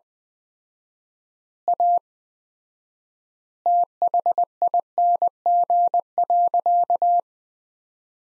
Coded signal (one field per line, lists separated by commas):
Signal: Morse code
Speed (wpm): 19 wpm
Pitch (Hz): 700 Hz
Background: none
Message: A THING.